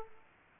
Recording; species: mosquito wingbeat signal from an infrared sensor; Aedes aegypti